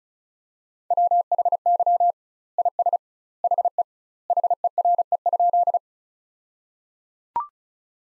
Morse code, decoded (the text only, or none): WHY IS HE HERE?